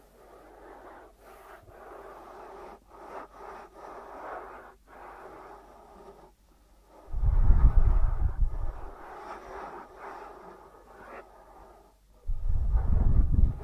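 ASMR ear treatment sounds: soft, crackly rustling and tapping in the middle and upper range, broken by brief pauses. Around 7 to 9 seconds and again from 12 seconds, a heavy, low rumbling push comes in and sounds much louder, like pressing or rubbing right over the mic.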